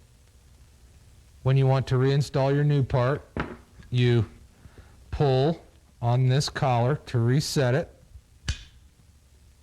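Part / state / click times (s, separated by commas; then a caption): reset collar on a seal installation tool / seated / 8.5 s. Someone talks while the collar on a seal installation tool for a Gas Gas Trials motorcycle (2000 and older) is pulled back to reset it for installing the new part. A single sharp click is heard at 8.5 seconds as the collar snaps into place.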